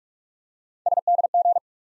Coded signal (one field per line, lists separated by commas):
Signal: Morse code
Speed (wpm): 47 wpm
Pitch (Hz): 700 Hz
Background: none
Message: SDG